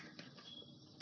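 A waterproof plastic Merit phone case is fitted onto a smartphone and snaps closed around it. Sharp clicks are heard at 0.2 s and 1.0 s over a steady background hiss, and the case is seated.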